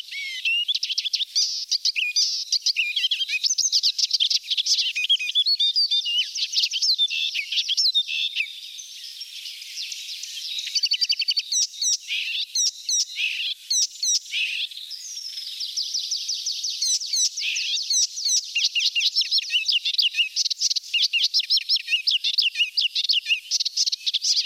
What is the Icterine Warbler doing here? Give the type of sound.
song